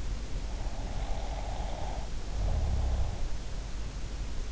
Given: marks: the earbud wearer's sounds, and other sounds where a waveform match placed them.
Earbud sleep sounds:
sounds in sleep by an in-ear microphone; snoring breath
0.57-3.56 s: snoring breath

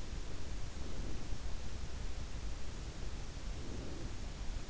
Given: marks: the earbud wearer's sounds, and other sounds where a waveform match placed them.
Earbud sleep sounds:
sounds in sleep by an in-ear microphone; breath
0.46-1.80 s: breath
3.41-4.70 s: breath

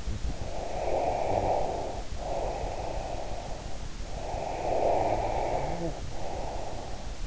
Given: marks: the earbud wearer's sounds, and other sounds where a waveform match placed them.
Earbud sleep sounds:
sounds in sleep by an in-ear microphone; breath
0.32-3.90 s: breath
4.03-7.27 s: breath

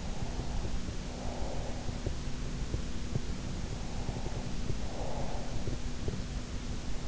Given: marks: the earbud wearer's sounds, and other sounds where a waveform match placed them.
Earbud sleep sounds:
sounds in sleep by an in-ear microphone; breath
0.00-1.97 s: breath
3.77-5.86 s: breath

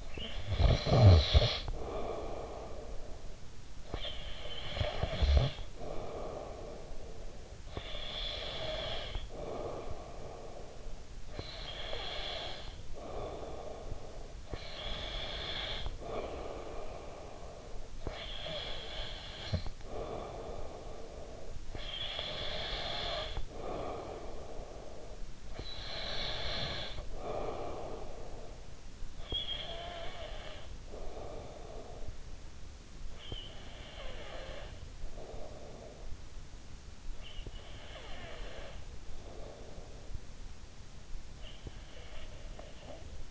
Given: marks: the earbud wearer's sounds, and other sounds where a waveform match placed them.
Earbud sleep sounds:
sounds in sleep by an in-ear microphone; snoring breath, breath
0.00-3.57 s: snoring breath
3.70-28.92 s: breath
29.15-40.33 s: snoring breath
41.11-43.31 s: snoring breath

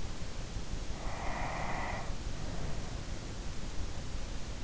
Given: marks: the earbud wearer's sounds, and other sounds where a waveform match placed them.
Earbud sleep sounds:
sounds in sleep by an in-ear microphone; breath
0.96-3.43 s: breath

